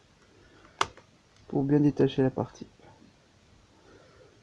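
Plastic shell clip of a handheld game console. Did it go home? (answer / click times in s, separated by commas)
released / 0.8 s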